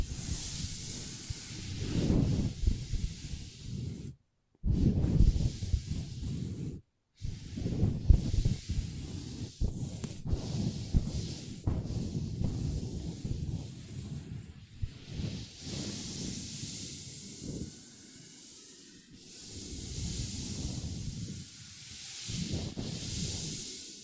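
Long nails scratch and tap across a tabletop in a continuous, hissing scrape, with low thuds and sharp taps scattered throughout. Brief silent gaps break it near 4 and 7 seconds, and the scratching grows brighter and more sustained in the second half.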